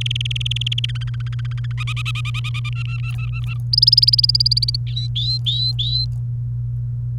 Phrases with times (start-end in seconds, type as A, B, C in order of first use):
0.01-0.86 A, 0.89-1.72 B, 1.77-2.70 C, 2.72-3.54 D, 3.73-4.76 E, 4.87-6.05 F